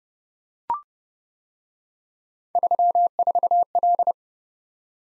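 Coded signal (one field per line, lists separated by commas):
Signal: Morse code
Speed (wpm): 29 wpm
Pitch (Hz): 700 Hz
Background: none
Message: 34L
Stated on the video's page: Morse practice of three letter-number combinations, speed-racing format: starts fast, slows to a 20 wpm base, fastest 1.5 times slowest, final repeat at maximum speed.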